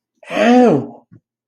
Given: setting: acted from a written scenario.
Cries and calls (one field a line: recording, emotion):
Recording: vocal sound without words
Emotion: pain